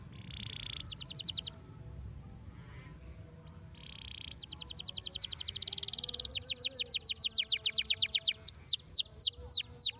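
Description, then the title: Canary song: flat whistled notes and brief trills separated by pauses, then a long rapid trill slowing into loud, repeated downslurred whistles. Belgian canary song played to warm up young canaries and make them active and singing. "Canto Para Esquentar Canário Belga. RANGSANGAN SUARA BURUNG KENARI GACOR - BIKIN KENARI MUDA JADI AKTIF BUNYI DAN BERKICAU"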